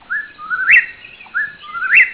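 Bird giving clear whistled calls: two phrases, each a drawn-out note followed by a sharp upward-swept whip, repeated about every 1.2 seconds.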